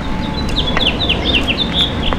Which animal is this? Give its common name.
House Finch